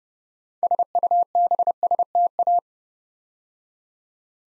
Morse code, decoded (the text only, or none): SUBSTA